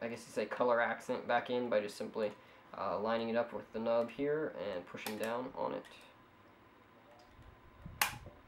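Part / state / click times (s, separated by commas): plastic color accent trim piece into toy blaster shell / seated / 8.0 s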